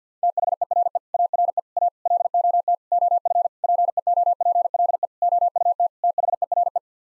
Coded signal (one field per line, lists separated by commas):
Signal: Morse code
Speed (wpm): 49 wpm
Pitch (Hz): 700 Hz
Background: none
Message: THERE ARE A LOT OF PEOPLE OUT THERE